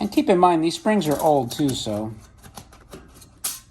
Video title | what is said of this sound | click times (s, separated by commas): Pioneer 3-Stage Rocket with Launcher | man that that popped out better than uh than when it was on the the platform | 3.4 s